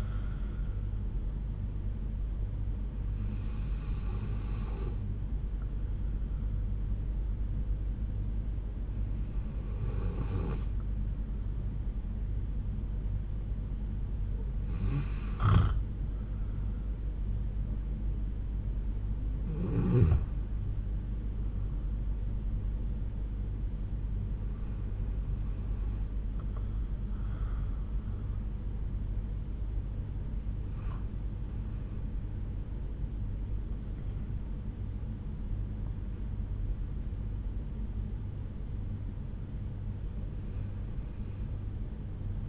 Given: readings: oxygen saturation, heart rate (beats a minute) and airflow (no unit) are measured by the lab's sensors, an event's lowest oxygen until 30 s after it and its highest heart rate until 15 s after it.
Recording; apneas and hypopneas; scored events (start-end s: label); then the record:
breathing in sleep by a smartphone at the bedside; 1
3.00-31.70 s: hypopnea (N1, oxygen 95% highest, then 93% lowest, heart rate 71 at the start, 76 highest)
From the record:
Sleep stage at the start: N1 (lightest sleep); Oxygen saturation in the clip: 93 to 95%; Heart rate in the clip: 70 to 76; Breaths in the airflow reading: 7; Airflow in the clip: -6.0 to 9.6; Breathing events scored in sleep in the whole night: 368 in 8.0 hours asleep